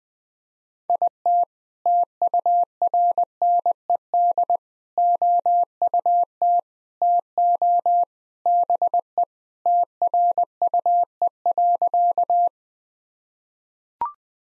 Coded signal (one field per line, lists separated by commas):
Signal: Morse code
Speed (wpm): 21 wpm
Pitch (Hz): 700 Hz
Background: none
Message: IT TURNED OUT TO BE TRUE.